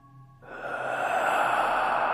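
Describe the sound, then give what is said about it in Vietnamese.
A brief hush, then a man lying still draws a very deep breath and a long, forceful exhale bursts out, a loud, airy rush of breath that holds steady for well over a second without any talking. “Bỗng nhiên ông hít một hơi rất sâu, rồi thở đánh phà ra một tiếng, nghe rõ lắm.”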